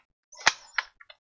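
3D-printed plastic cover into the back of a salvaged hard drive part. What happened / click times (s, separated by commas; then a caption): The plastic cover snapped into place / 0.5 s, 0.8 s. A 3D-printed plastic cover is snapped into the back side of a salvaged hard-drive part. Sharp plastic snaps are heard at 0.5 s and 0.8 s, followed by a few fainter ticks. The cover seats in place.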